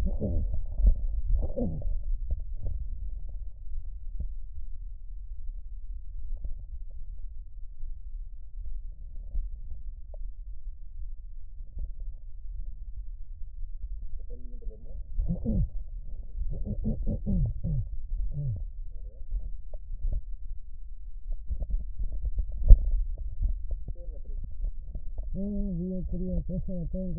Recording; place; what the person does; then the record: lung sounds by stethoscope; trachea; quiet breathing, then cough and speech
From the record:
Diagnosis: pulmonary infection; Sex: female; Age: 74 years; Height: 160 cm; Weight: 66 kg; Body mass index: 25.8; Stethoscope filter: extended mode